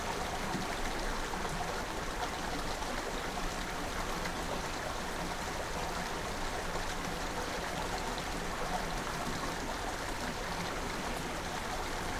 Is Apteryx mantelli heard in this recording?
no